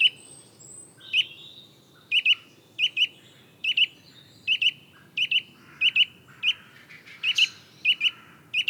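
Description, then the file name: Eurasian nuthatch giving sharp, high single and doubled notes, repeated roughly every half second to second at an even pace, with a faint low rumble behind. "Sitta europaea"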